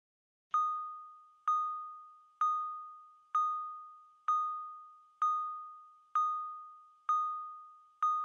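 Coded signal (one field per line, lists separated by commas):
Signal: beep code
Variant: ReSound hearing aid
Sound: soft bell-like 1.2 kHz dings repeating about once a second, nine times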